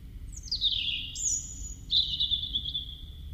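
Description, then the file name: European robin singing: a descending phrase, then a high thin whistle, then a longer warbling phrase, all high-pitched. "Erithacus rubecula"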